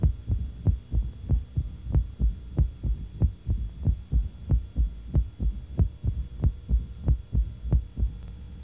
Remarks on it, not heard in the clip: You'll notice tachycardic. As we move inside the apex, moving to the diaphragm of the stethoscope, we'll again hear the opening snap without as much of the murmur, though a presystolic component remains the time distance between the aortic valve closure sound and opening snap in this patient is much less.